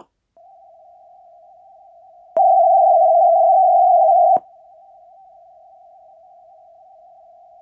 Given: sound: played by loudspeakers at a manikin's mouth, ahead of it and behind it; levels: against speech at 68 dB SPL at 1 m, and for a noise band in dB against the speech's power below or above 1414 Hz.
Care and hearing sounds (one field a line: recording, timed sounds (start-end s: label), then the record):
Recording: test signals for a remote microphone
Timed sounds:
0.37-2.37 s: noise band at 707 Hz, -13 dB
2.37-4.37 s: noise band at 707 Hz, +22 dB
4.37-7.62 s: noise band at 707 Hz, -13 dB
From the record:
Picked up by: measurement microphone